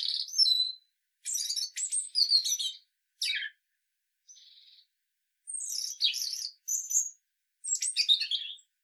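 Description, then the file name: European robin with tumbling high warbled phrases and descending whistles, one soft, thin sustained note in a lull, then more sparkling twitters. "Erithacus rubecula"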